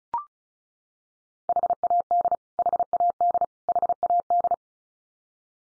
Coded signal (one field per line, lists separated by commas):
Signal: Morse code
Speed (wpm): 34 wpm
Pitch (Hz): 700 Hz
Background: none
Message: HAD HAD HAD